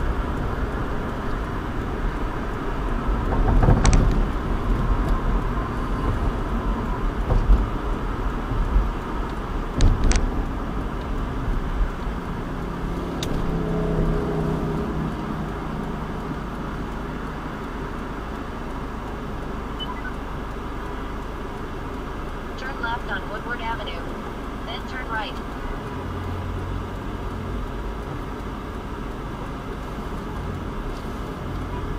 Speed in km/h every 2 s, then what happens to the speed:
53, 48, 47, 45, 42, 31, 15, 3, 0, 0, 0, 0, 0, 6, 6, 10.
0-15 brakes to 0. 15-24 standing. 24-32 pulls away to 10.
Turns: 28-32.